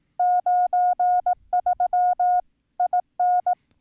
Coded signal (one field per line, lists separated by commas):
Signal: Morse code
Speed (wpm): 18 wpm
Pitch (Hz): 720 Hz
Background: none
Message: 93 IN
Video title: Setting up N1MM with CW